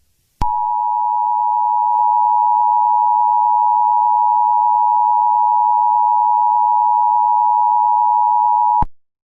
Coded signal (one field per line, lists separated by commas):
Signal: Emergency Alert System (SAME) tones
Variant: 853 and 960 Hz attention tone